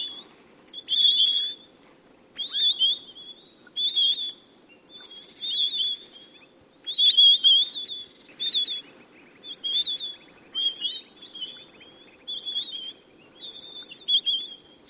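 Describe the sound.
Bird calling in quick chirpy bursts, sharp twittered notes repeated about every second, some phrases fuller and buzzier, with a soft low background hum throughout.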